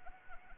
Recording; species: mosquito wingbeat signal from an infrared sensor; Anopheles arabiensis